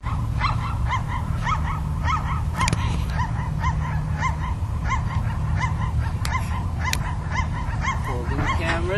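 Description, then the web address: Bird giving a steady, rapid series of short, nasal honking calls over a constant low rumbling background. "mellamella Birdsong"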